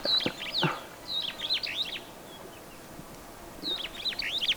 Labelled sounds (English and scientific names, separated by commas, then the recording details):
Superb Starling (Lamprotornis superbus) flight call
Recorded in Kenya